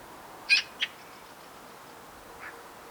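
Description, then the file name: Eurasian magpie harsh calls: two short rasping chacks in quick succession, then a fainter third note near the end, over quiet background hiss. "Pica pica"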